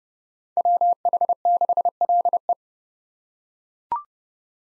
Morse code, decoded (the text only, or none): WH6LE